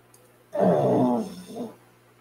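A low, rough groaning breath, then a softer second one, from a dog snoring indoors in a small room.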